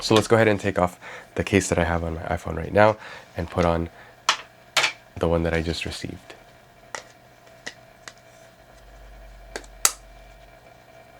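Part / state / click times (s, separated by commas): phone case onto smartphone / seated / 9.8 s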